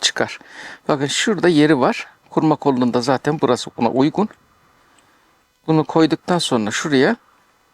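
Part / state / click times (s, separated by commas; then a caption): cocking handle into shotgun bolt / not seated / none. Someone talks while handling the cocking handle of a Retay Air Control Extreme 12-gauge semi-automatic shotgun, positioning it at its slot on the bolt. No click is heard, and nothing has seated yet.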